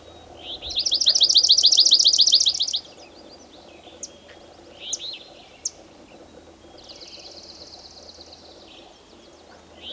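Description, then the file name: Swamp sparrow song, a loud, even trill of rapid high notes lasting about two seconds, followed by scattered sharp chips and a fainter trill. "Melospiza georgiana"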